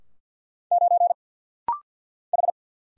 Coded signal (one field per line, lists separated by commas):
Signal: Morse code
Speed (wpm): 50 wpm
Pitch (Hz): 700 Hz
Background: none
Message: 9 H